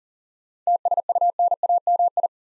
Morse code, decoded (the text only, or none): TSUNAMI